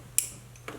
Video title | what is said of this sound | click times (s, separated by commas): Super Duty Power-wheels Assembly - Ryder Toys | There's our click. | 0.2 s